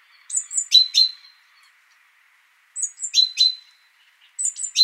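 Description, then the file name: Great tit calls: thin high notes sliding down into two or three ringing piping notes, given in three short bursts. "Parus major"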